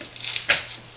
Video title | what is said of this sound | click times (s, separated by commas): JFootman, a simple motorcycle transmission issues diagnosis test just for you. | See, you hear it drop in? | 0.5 s